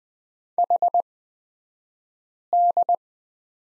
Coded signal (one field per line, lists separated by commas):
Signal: Morse code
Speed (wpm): 20 wpm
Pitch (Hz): 700 Hz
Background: none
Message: HD